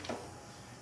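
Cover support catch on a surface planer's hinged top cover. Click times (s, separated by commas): 0.1 s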